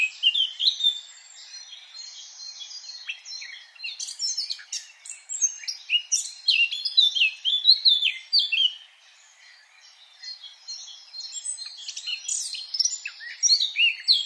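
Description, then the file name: Eurasian blackcap song: phrases of rich, rapid warbling with scratchy and whistled notes, pausing briefly midway before resuming. "Sylvia atricapilla"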